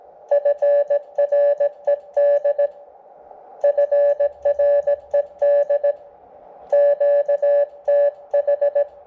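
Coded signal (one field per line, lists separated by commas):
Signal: Morse code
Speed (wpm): 18 wpm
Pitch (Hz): 580 Hz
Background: music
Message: FRED FRED QTH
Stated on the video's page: Sent with paddles on a Xiegu G106 after a firmware fix for CW timing, received on an Elecraft KX2.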